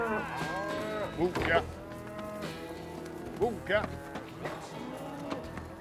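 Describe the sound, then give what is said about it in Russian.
Calves and cattle moo over one another in a small pen at a pasture as a cowboy on a bay horse drives the calves in, a steady chorus of drawn-out lowing with higher, wavering calf bleats rising out of it every second or so. “На пастбище ковбой верхом на гнедой лошади загоняет телят в небольшой загон.”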